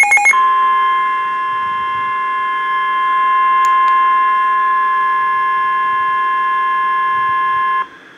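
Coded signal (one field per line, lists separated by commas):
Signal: Emergency Alert System (SAME) tones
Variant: 1050 Hz attention tone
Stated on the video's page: Severe thunderstorm warning received from NOAA Weather Radio station.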